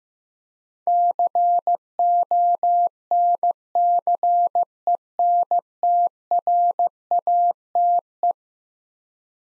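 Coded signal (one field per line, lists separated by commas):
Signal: Morse code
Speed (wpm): 15 wpm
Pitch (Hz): 700 Hz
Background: none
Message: CONCENTRATE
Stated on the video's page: Morse practice drill of eleven-letter words at 15 wpm for head-copy, each word sent twice.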